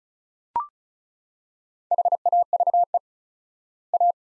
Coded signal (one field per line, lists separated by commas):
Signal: Morse code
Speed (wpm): 36 wpm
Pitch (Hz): 700 Hz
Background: none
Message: HAVE A